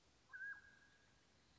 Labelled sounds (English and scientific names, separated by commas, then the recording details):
Mountain Quail (Oreortyx pictus)
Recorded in Sonoma County, California